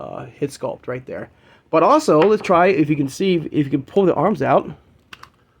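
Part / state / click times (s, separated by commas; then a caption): extendable plastic arm into action figure torso / seated / 5.1 s, 5.2 s. Someone talks while handling a Masters of the Universe Mattel Creations Executive figure of Extendar, pulling its extendable plastic arm out of the action figure's torso and letting it go. Two sharp plastic clicks follow at 5.1 s and 5.2 s as the arm snaps back into place, seated.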